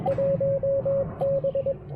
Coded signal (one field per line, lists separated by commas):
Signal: Morse code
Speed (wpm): 23 wpm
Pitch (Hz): 530 Hz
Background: radio noise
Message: 1B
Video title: QRP Field Day 2023: A quick tour of our Field Day and POTA portable station!